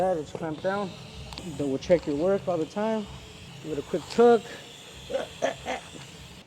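Someone talks while working on an AMS aftermarket intake in the engine bay of an Infiniti Q50 Red Sport AWD: the right side has been clamped down and given a quick tug. A few brief handling sounds follow near the end as an intake part is worked toward the intake assembly. Nothing has seated or clicked into place yet.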